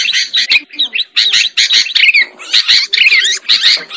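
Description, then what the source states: Lovebird chattering calls: shrill, squeaky bursts in quick clusters, some notes sliding downward, with brief pauses between groups. Lure recording used to attract birds for trapping.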